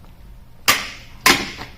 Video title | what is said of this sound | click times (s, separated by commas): Compact Foldable Beach Cart with Soft Sand Wheels | and fold it open until these frame locks pop into place | 1.3 s